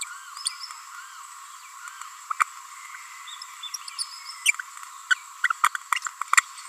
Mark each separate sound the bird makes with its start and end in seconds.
0.01-0.04, 0.45-0.49, 2.30-2.32, 3.74-3.77, 3.98-4.03, 5.10-5.14, 5.43-5.47, 5.95-5.98